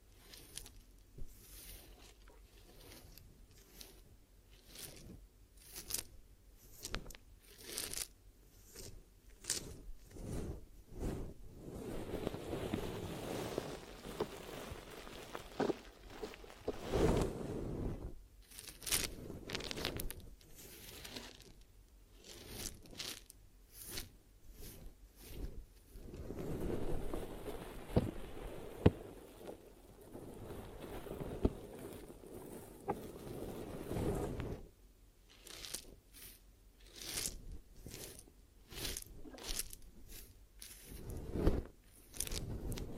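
Glue ear massage and cleaning: sticky, crackling taps and pops come in quick bursts, densest in the first ten seconds and again near the end. Between them, softer rubbing swells rise and fade around 12–17 and 26–34 seconds.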